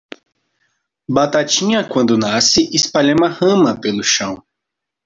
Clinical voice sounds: short text; Brazilian Portuguese; male; 20 to 29 years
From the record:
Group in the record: control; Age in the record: 20 years

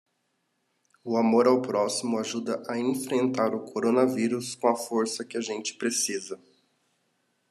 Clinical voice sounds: spoken sentence; Brazilian Portuguese; male; 20 to 29 years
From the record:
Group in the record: control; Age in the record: 27 years

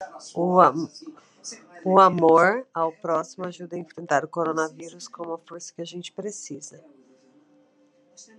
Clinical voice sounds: spoken sentence; Brazilian Portuguese; female; 40 to 49 years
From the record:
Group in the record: control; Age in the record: 41 years

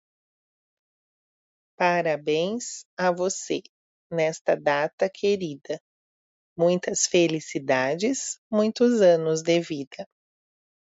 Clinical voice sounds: short text; Brazilian Portuguese; female; 30 to 39 years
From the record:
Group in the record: control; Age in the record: 35 years

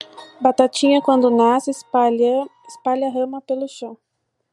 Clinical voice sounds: short text; Brazilian Portuguese; female; 20 to 29 years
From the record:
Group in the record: control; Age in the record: 27 years

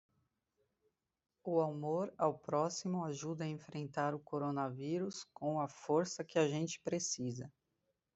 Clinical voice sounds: spoken sentence; Brazilian Portuguese; female; 30 to 39 years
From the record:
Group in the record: control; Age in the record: 37 years

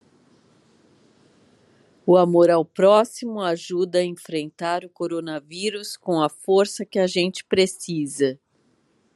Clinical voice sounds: spoken sentence; Brazilian Portuguese; female; 50 to 59 years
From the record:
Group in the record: control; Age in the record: 52 years

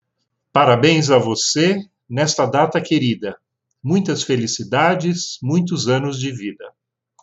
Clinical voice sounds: short text; Brazilian Portuguese; male; 60 to 69 years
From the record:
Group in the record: control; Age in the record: 65 years

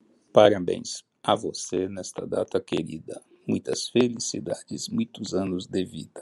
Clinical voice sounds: short text; Brazilian Portuguese; male; 60 to 69 years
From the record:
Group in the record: control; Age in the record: 65 years

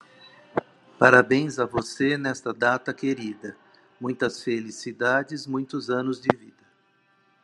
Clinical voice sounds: short text; Brazilian Portuguese; male; 50 to 59 years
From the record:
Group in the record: control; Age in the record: 57 years

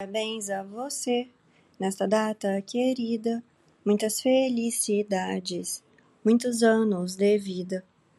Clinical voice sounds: short text; Brazilian Portuguese; female; 30 to 39 years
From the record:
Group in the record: control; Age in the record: 32 years

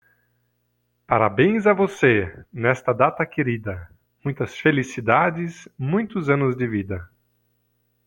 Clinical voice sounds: short text; Brazilian Portuguese; male; 40 to 49 years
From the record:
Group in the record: control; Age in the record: 43 years

